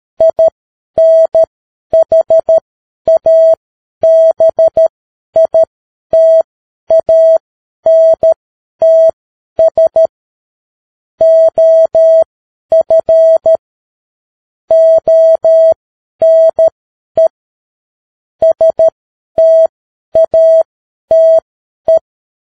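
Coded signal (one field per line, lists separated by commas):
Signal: Morse code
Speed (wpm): 13 wpm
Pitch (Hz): 650 Hz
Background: none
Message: INHABITANTS OF ONE STATE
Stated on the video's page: Morse practice at 10 wpm.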